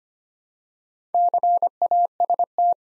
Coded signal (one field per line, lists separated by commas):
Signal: Morse code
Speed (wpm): 25 wpm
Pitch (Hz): 700 Hz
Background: none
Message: CAST